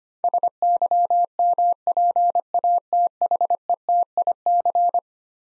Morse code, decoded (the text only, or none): SYMPATHETIC